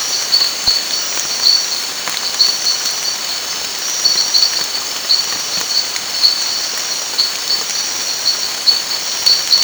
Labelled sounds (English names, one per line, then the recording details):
none
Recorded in secondary vegetation near Puerto Asís, Putumayo, Colombia, on 19 March 2025 at 23:00
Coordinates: 0.499, -76.323
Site G094